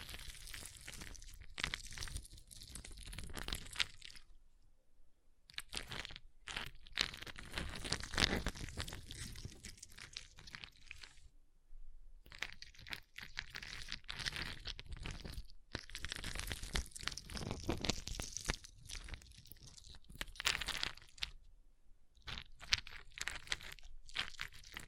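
Ice being scratched and carved, with dense bursts of crunching, crackling scrapes that run for several seconds at a time. Brief silent gaps break the activity around 4, 11, 16 and 21 seconds. The scraping is bright and gritty, with some rougher, harder strokes mixed in.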